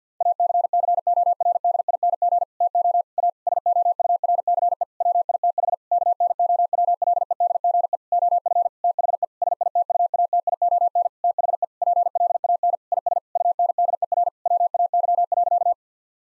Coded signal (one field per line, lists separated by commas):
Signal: Morse code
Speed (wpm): 50 wpm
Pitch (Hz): 700 Hz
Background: none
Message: ACCORDING TO A SOURCE WITH KNOWLEDGE OF THE SITUATION THE PLAN IS UNDER WAY.